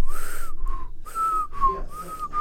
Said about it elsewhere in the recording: To her back, you could hear the wheezing. Like a whistle. And so she was panting like that. Almost like a whistle.